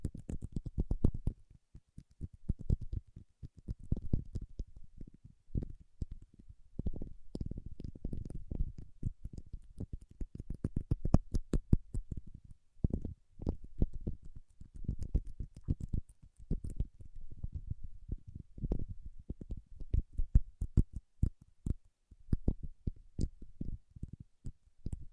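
Paraffin wax being peeled, tapped and scratched, making a dense run of short, dull, low-pitched taps and crackles with brief sharp clicks. The activity runs nearly continuously for the whole stretch, irregular in pace, with a short quieter gap around thirteen seconds.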